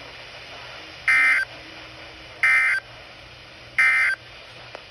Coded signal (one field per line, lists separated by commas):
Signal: Emergency Alert System (SAME) tones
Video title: ILM Severe Thunderstorm Warning on KHB31 & TV EAS - 775-776